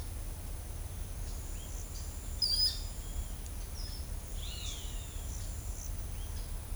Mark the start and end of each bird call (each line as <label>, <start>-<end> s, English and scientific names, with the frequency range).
Ochre-lored Flatbill (Tolmomyias flaviventris) (3.3-5.6 kHz), 2.40-2.77 s
Ochre-lored Flatbill (Tolmomyias flaviventris) (1.6-5.5 kHz), 4.38-5.25 s